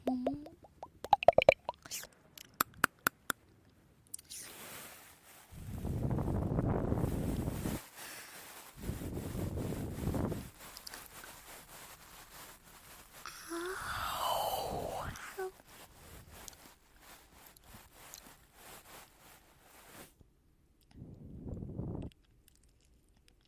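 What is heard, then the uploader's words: Ear eating: wet clicks and plops at the start, then long muffled mouth-and-breath bursts every few seconds, one with a rising-falling whine. ASMR Relaxing Ear Eating Sleep Time.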